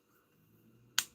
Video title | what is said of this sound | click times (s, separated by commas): Blokees Galaxy Version 10 Live Unboxing + Assembly | There you go. That locks everything in place. | 1.0 s